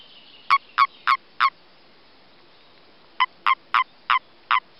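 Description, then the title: Common toad calling: a run of four quick croaking notes, a pause of nearly two seconds, then five more similar harsh croaks. Common toad recorded during breeding. "Reproduction du Crapaud commun"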